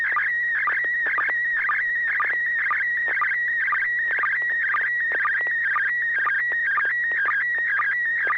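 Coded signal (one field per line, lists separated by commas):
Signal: SSTV (slow-scan television)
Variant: PD120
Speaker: Thank you. Yeah, this is going to be PD 120, N6HA.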